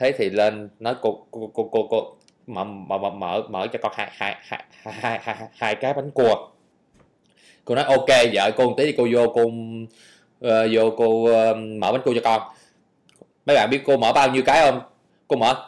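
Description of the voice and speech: Adult man speaking Vietnamese, imitating the stutter he had as a child, repeating single syllables four or five times before getting words out. He still has mild traces of the stutter.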